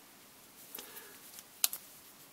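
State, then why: Seated. A leather snap button of the alpha/kappa type, set with a hand tool, is pressed closed so its cap snaps into its socket on the leather. After a few faint taps, a sharp, bright click comes at 1.6 s, followed by a quieter second tick just after. The snap seats and works.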